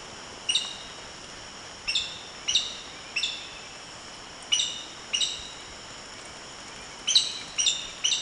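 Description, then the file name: Black-bellied sandgrouse giving repeated bubbling, harmonic calls at irregular intervals, some in quick pairs, over a soft continuous hiss. Recorded 24 May 2011. "20110524 PTEARA"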